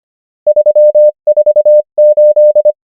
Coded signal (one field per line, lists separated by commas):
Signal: Morse code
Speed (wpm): 25 wpm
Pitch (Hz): 600 Hz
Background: none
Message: 3 4 8